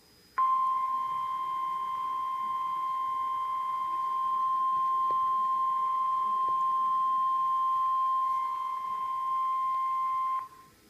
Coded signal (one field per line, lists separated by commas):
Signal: Emergency Alert System (SAME) tones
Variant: 1050 Hz attention tone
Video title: EAS #117 - Severe Thunderstorm Warning (Live Stream) 11-17 2013